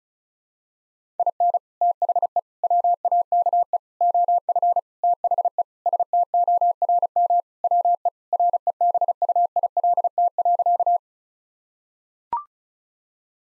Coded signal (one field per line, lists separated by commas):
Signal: Morse code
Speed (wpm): 34 wpm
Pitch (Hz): 700 Hz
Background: none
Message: IN THE WAKE OF THE STORM WE REBUILT.